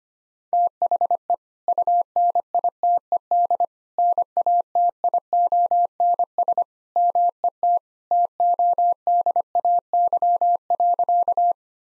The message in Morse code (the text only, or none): THE UNITED NATIONS MET TODAY.